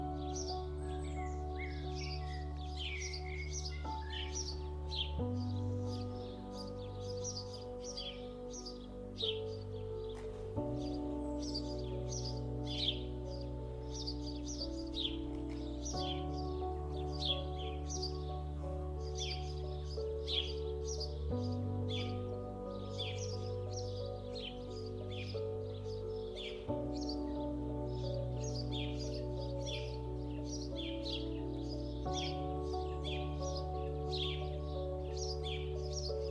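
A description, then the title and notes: Birds chirp and trill almost constantly over soft, sustained music. The low chords hold steady and shift roughly every five seconds in a slow, regular pattern, while the bright bird calls scatter densely across the top, lively throughout. Dreamy COUNTRYSIDE Ambience : Serene MUSIC and BIRD Chirping. The peaceful sounds of the countryside, including the melodic songs of birds, accompanied by calming music.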